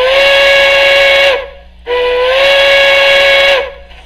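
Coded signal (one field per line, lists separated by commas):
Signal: train horn signal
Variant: steam whistle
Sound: two long chime-like steam whistle blasts with hiss, separated by a short pause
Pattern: 2 long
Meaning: Two blasts: the locomotive is about to move forward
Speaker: hear that whistle signal of two blasts of the whistle and we're moving in the forward direction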